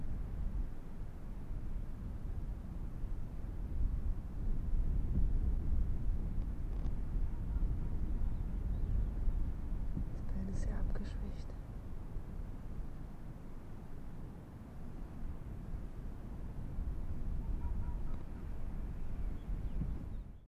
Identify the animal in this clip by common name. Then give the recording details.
Arctic Fox. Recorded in the wild. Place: Insel Mednyi, Kommandeur-Inseln, RU. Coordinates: 54.5167, 168.083. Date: 1999-08-09. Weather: 11°C, hervorragende Sicht, Westwind. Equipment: Sony WM-D6C, Sennheiser ME 80, K 30 AV, Windkorb, Kopie Tascam DA 30. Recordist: Jakupi, Antje. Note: Südosten der Insel, Haupttal, weisse Stange: Bellstrophen aus der Steilküste Richtung Golanhöhen. Bellen stark abgeschwächt